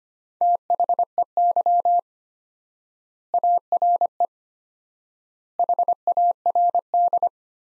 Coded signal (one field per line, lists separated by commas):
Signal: Morse code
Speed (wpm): 25 wpm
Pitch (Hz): 700 Hz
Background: none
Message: THEY ARE HARD